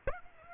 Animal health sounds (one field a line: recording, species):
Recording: mosquito wingbeat signal from an infrared sensor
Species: Aedes aegypti